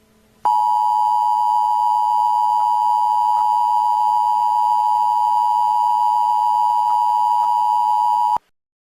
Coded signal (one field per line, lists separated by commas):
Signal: Emergency Alert System (SAME) tones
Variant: 853 and 960 Hz attention tone